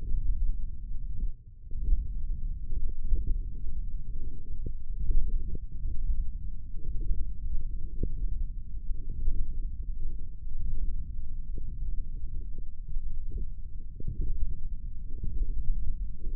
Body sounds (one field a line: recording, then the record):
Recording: forearm muscle sounds (acoustic myography)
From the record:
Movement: index flexion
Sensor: system 1, eight BSWA MPA416 microphones around the upper forearm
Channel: 5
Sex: male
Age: 20 years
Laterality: left